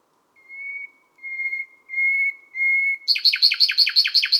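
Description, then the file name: Common nightingale: four long, swelling pure whistles, then a rapid, rattling trill of repeated notes that runs to the end. Sung at midnight at Les Salelles, Ardèche. "Rossignol-philomele-a-minuit-Les-Salelles-Ambiances-Sonores-d Ardeche-Studio-Les-Trois-Becs"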